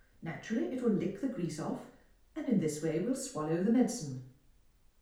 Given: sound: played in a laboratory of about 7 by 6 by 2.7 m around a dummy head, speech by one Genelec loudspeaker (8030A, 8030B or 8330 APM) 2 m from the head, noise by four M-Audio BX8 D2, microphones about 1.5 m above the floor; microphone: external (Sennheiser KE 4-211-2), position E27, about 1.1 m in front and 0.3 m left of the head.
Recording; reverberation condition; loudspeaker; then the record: female speech in English; medium; 120 degrees to the right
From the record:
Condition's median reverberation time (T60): about 510 ms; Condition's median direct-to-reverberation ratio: about -0.5 dB